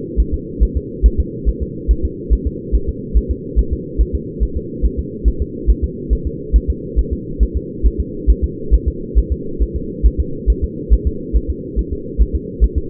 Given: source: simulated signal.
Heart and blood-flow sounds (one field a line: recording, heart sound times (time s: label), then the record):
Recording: fetal heart sounds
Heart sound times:
0.20 s: S1
0.34 s: S2
0.63 s: S1
0.77 s: S2
1.06 s: S1
1.20 s: S2
1.49 s: S1
1.63 s: S2
1.91 s: S1
2.05 s: S2
2.33 s: S1
2.47 s: S2
2.75 s: S1
2.89 s: S2
3.17 s: S1
3.31 s: S2
3.59 s: S1
3.73 s: S2
4.01 s: S1
4.15 s: S2
4.43 s: S1
4.57 s: S2
4.85 s: S1
4.99 s: S2
5.28 s: S1
5.42 s: S2
5.70 s: S1
5.84 s: S2
6.13 s: S1
6.27 s: S2
6.56 s: S1
6.70 s: S2
6.99 s: S1
7.13 s: S2
7.43 s: S1
7.57 s: S2
7.87 s: S1
8.00 s: S2
8.30 s: S1
8.44 s: S2
8.74 s: S1
8.88 s: S2
9.18 s: S1
9.32 s: S2
9.62 s: S1
9.76 s: S2
10.06 s: S1
10.20 s: S2
10.50 s: S1
10.64 s: S2
10.93 s: S1
11.07 s: S2
11.37 s: S1
11.50 s: S2
11.79 s: S1
11.93 s: S2
12.21 s: S1
12.35 s: S2
12.64 s: S1
12.78 s: S2
From the record:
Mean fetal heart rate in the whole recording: 140 bpm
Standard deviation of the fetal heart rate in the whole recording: 2 bpm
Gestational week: 34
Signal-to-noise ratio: -4.3 dB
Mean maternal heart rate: 72 bpm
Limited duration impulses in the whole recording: absent